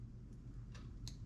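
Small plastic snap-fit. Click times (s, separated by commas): 1.1 s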